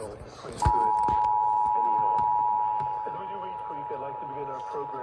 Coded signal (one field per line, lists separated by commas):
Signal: Emergency Alert System (SAME) tones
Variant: 853 and 960 Hz attention tone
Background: speech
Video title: EAS 3033-3035: KDKA EAS Test + Relays + Shenanigans